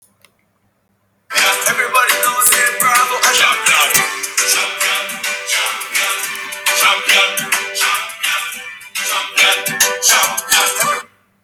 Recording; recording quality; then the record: sustained vowel as in boot; poor, much background noise or distortion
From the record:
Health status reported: COVID-19 positive, no symptoms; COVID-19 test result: positive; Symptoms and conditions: breathing difficulty, diarrhoea, asthma, chronic lung disease, diabetes, ischaemic heart disease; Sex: other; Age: 77 years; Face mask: not worn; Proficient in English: yes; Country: France